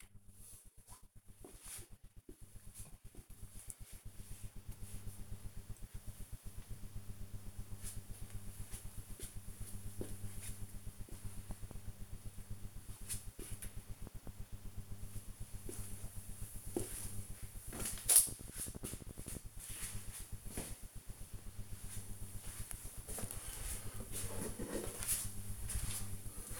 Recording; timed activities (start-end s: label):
household activities, microphone on the right wrist
21.61-26.59 s: watering plant